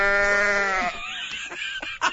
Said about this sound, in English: Is that a goat? Can I hear that again? The sound?